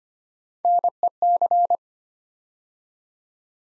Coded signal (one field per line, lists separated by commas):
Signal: Morse code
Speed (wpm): 25 wpm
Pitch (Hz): 700 Hz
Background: none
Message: NEC